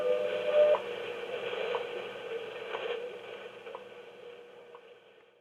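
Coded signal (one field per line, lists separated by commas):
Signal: radio time signal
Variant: WWV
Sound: radio hiss with a short steady low tone, then five faint once-per-second ticks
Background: radio static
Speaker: it reads off the WWV time standard Fort Collins Colorado that gets broadcast on a few different frequencies and this one picks up five 10 or 15 mahz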